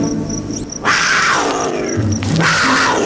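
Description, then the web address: Cougar mating call: a harsh, loud, screaming yowl that bursts in abruptly and is held for over two seconds, after a steady high insect-like ticking. Cougars mating; more than one animal. "Greg Cougar"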